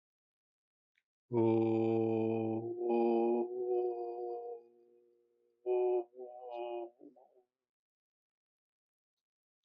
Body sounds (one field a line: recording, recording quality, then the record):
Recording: sustained vowel as in boot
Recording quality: excellent, no background noise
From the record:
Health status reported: healthy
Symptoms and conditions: hypertension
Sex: male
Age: 55 years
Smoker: not ticked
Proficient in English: yes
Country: India